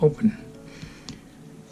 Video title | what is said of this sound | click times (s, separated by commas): How to Change Battery for Lexus RX350 Key FOB Remote 2016 to 2019 | gonna hear click you see that that's now it's open okay so now I've opened it up | 1.1 s